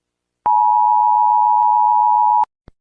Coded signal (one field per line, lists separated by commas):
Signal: Emergency Alert System (SAME) tones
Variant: 853 and 960 Hz attention tone